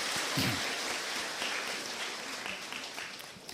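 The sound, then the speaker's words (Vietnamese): A crowd claps steadily to welcome a senior Buddhist monk, a dense, even wash of many hands that stays fairly loud throughout and fades only slightly toward the end, with a brief voice near the start. “Xin quý vị hãy dâng cao một tràng vỗ tay để chào mừng thượng tọa.”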